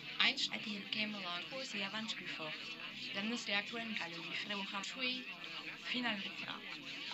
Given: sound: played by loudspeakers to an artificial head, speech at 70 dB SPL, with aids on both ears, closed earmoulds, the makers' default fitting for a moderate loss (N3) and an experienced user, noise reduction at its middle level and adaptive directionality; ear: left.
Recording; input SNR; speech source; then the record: speech test signal (ISTS) in cocktail-party noise; +6 dB; in front (0 degrees)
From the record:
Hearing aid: class 1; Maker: D